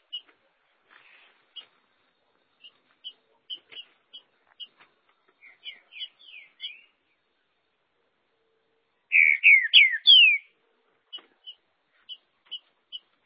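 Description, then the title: Green-winged saltator song: scattered soft high chips, a soft phrase of slurred notes, then one loud burst of slurred whistled notes, followed by more spaced chips. "Trinca Ferro"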